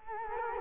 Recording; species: mosquito wingbeat signal from an infrared sensor; Culex quinquefasciatus